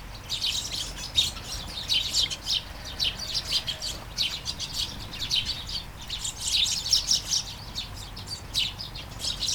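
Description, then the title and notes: Chattering sparrows, many short high chirps in clustered bursts with brief pauses, several birds together. Flying sparrows in a garden at Taastrup, Denmark; early morning, light shower; recorded with Sony PCM-D100 internal mics. "Kærengen 8, 2630 Taastrup, Denmark - Flying sparrows. Flying sparrows in the garden, early morning. Light shower. Vols de moineaux dans le jardin, au petit matin. Pluie fine"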